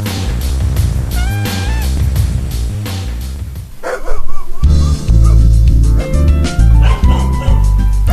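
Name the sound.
dog barking and whimpering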